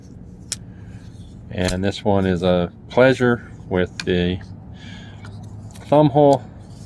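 A folding pocket knife with a thumb hole is handled in its handle while someone talks, with a sharp tick near 0.5 s and faint ticks around 5.3 s and 5.7 s. The blade has not yet snapped open and locked; nothing has seated or clicked yet.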